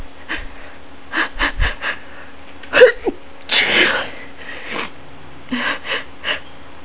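An adult's stifled sneezes: short, muffled bursts of breath lead into a louder, noisy burst near the middle, followed by a few smaller bursts. Each sneeze is held back, so only a suppressed puff of air escapes rather than a full open sneeze.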